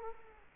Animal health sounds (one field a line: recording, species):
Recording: mosquito wingbeat signal from an infrared sensor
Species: Culex quinquefasciatus